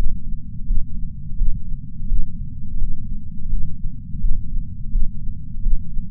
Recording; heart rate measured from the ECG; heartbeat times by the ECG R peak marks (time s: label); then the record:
heart sounds by patch sensor on the chest; 85 bpm
0.68 s: heartbeat
1.38 s: heartbeat
2.09 s: heartbeat
2.80 s: heartbeat
3.51 s: heartbeat
4.22 s: heartbeat
4.93 s: heartbeat
5.63 s: heartbeat
From the record:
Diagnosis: coronary artery disease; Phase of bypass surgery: postoperative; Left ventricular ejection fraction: 63%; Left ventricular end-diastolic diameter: 47 mm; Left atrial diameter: 42 mm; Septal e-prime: 6.9 cm/s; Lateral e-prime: 10.4 cm/s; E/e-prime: 10.3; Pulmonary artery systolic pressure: 20 mmHg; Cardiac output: 7.8 L/min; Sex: female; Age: 70 years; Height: 164 cm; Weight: 70 kg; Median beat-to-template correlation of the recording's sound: 0.88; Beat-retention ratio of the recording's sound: 1.00